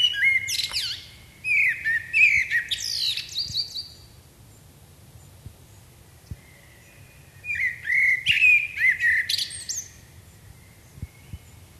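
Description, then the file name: Common blackbird song: two long phrases of warbled fluty notes, each closing with high chattering twitters, separated by a quiet gap. "Turdus merula"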